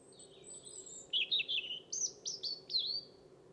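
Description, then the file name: European robin song: thin high wavering notes sliding down into a brief warble, followed by four sharp downslurred chirps in a quick row, with a faint low hum behind. "Erithacus rubecula"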